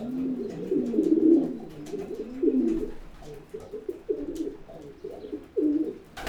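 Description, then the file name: Pigeon cooing, a jumble of low muffled coos, swelling and fading, ending with a sharp knock. "holub"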